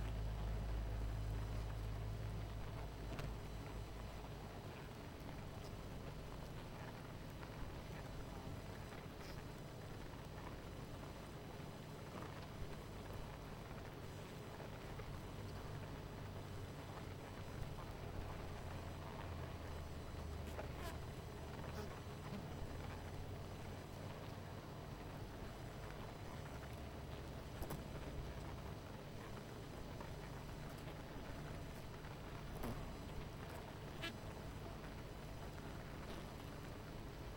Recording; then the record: honeybee colony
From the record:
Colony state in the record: missing queen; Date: 14 July 2017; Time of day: 19:08